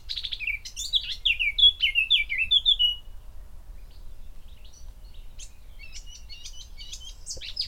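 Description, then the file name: Eurasian blackcap song: a scratchy warble running into loud, fluty, descending whistled notes for about three seconds, then faint high chirps. "Sylvia atricapilla"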